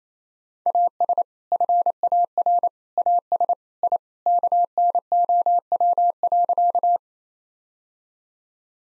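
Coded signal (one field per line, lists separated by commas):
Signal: Morse code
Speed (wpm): 28 wpm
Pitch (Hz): 700 Hz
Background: none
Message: AS FAR AS I KNOW.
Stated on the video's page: Morse practice of sentences with common three-word phrases at 28 wpm, each sentence sent, spoken, then sent again.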